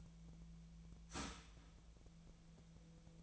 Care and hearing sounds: daily activity, microphone in the room; start toaster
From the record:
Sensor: 1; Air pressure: 1009.3 hPa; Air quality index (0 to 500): 195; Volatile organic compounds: 19 ppm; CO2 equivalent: 2662 ppm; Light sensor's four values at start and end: 28/71/30/35 and 28/72/30/35

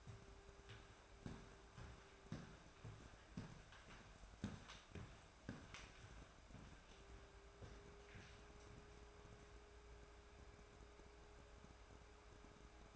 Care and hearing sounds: daily activity, microphone in the room; walk to room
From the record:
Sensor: 2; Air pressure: 1010.3 hPa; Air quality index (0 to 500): 159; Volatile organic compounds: 7 ppm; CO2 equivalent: 2004 ppm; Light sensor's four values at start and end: 42/101/45/52 and 43/104/47/54

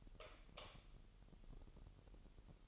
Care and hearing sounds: daily activity, microphone in the room; light off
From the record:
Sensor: 4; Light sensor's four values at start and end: 28/94/35/36 and 25/82/31/31

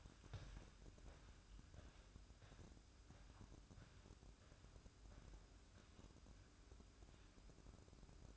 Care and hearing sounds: daily activity, microphone in the room; walk to room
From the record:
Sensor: 2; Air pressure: 1008.0 hPa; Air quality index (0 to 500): 115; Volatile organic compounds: 1 ppm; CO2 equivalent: 854 ppm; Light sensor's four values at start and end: 8/18/7/7 and 7/18/7/7

